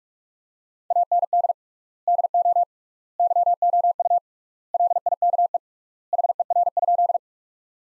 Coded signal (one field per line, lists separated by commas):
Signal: Morse code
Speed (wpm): 43 wpm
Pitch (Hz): 700 Hz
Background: none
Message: AND DO YOU LIKE HER?